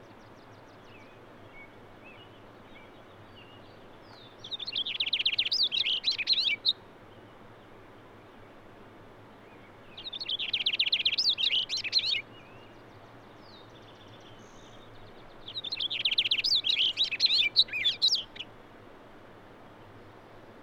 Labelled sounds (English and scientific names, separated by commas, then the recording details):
Cassin's Finch (Haemorhous cassinii) song
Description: Cassin's Finch song recorded at Hollowell Park in Rocky Mountain National Park
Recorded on 6 June 2017